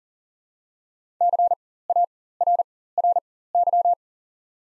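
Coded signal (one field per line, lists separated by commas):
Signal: Morse code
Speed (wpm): 38 wpm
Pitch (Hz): 700 Hz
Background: none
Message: CARRY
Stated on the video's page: Practice set of top 300 words at 40 wpm with 4x character spacing (Farnsworth timing).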